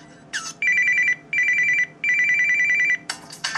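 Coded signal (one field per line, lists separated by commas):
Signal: none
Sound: phone ringtone melody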